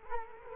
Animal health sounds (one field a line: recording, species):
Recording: mosquito wingbeat signal from an infrared sensor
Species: Culex quinquefasciatus